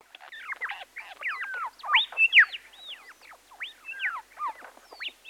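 Bird chorus of overlapping chirps and whistled, rising and falling notes from several birds, busy and continuous throughout.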